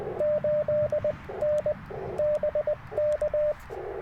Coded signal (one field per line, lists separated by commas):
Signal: Morse code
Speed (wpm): 20 wpm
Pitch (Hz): 590 Hz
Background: radio noise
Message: 8 N BK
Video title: New Way I Pack POTA Gear for Activations - 12/16/23 @ K-4451